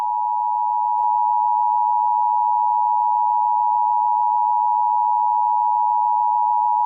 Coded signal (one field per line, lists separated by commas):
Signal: Emergency Alert System (SAME) tones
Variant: 853 and 960 Hz attention tone